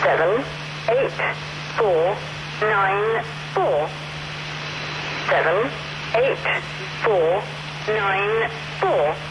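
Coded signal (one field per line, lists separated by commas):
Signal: numbers station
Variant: English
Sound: a voice reading five digits, repeated twice, over radio hiss and hum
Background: radio static, hum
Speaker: The wonderfully named Enigma 2000, a group of radio enthusiasts linked by the internet, eventually tracked this particular transmission to this site in Cyprus.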